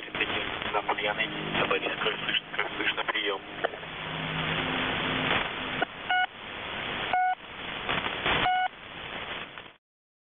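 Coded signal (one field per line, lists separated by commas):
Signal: coded military voice message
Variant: The Pip, Russian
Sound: voice reading a message through radio noise, then three short buzzy pips in hiss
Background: radio static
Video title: The Pip | 21st August 2023 | "Dlya" Voice Message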